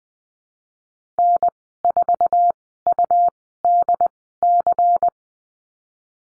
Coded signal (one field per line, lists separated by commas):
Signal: Morse code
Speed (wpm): 20 wpm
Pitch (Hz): 700 Hz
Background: none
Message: N4UDC